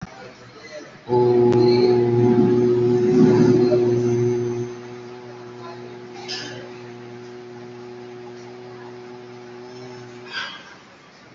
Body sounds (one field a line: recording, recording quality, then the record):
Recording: sustained vowel as in boot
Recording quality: moderate, slight background noise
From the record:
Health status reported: COVID-19 positive, mild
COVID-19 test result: positive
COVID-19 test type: RT-PCR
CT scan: taken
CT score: 6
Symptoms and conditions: cough, cold, breathing difficulty, sore throat, fever, fatigue, muscle pain, loss of smell and taste, diarrhoea, diabetes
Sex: male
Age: 36 years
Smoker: yes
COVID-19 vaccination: both doses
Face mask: not worn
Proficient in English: yes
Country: India